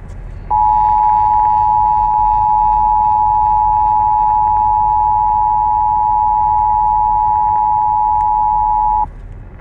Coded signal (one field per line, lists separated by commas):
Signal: Emergency Alert System (SAME) tones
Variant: 853 and 960 Hz attention tone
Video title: SVR FOR MY CITY ON KEC56 & WBAP (REAL EAS#634-635)